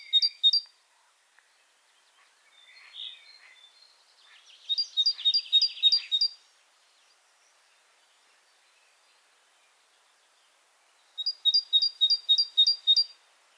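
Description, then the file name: Great tit repeating bright, ringing two-note phrases in three separate bursts, with a softer jumbled twittering between the first two bursts. "Parus major"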